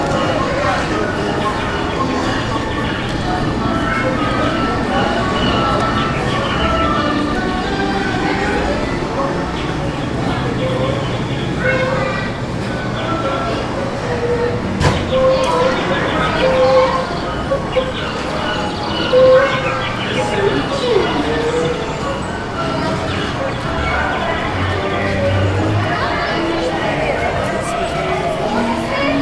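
Theme park sounds: a steady wash of crowd chatter and voices throughout, with brief bright tones and a sharp click near fifteen seconds.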